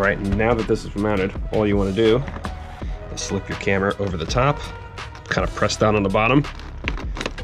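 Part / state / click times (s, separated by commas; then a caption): video doorbell onto its wall mounting bracket / seated / 6.9 s. Someone talks as a Blink video doorbell is slipped over the top of its plastic wall mount and pressed down at the bottom. It snaps into place with a sharp click at 6.9 s, followed by a few smaller clicks, and the doorbell is seated on the mount.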